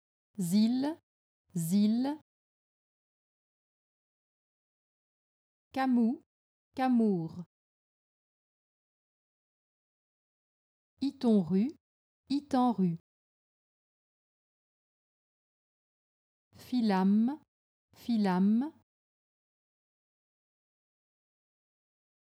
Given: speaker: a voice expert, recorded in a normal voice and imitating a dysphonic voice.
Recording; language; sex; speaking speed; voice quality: pseudo-word pairs; French; female; normal speed; normal voice